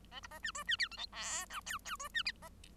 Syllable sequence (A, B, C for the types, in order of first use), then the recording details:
A B A C D C E F G H I J J D C E A. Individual Bird1